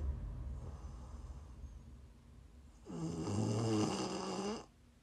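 Quiet breathing from an adult sleeper, then a single loud, low-pitched buzzing snore lasting almost two seconds before it fades back to quiet. Prime ASMR snoring.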